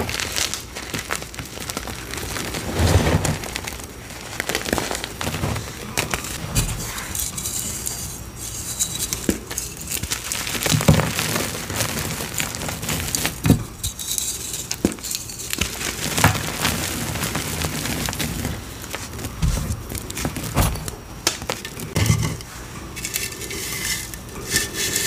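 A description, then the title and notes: A block of gym chalk is carved and crushed, making dry, crumbly scraping and crunching. The sound stays dense and gritty throughout, broken by sharper crackling bursts every few seconds, with brief quieter pauses in between. Relaxing ASMR gym chalk bomb carving and crush with MARBLERS pigment and Gholibn glitter.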